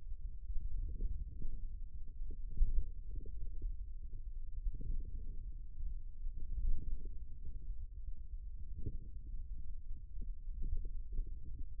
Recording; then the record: forearm muscle sounds (acoustic myography)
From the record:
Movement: outward rotation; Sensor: system 2, bracelet of six BSWA MPA416 microphones around the upper forearm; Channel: 4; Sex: male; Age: 22 years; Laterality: right